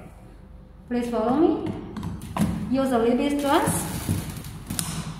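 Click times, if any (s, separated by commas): 4.8 s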